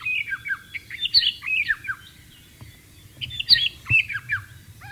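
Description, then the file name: White-rumped shama song: rich whistled phrases with swooping and falling notes, delivered in two bursts separated by a short pause, over a low background hum. "suara burung murai batu di alam liar"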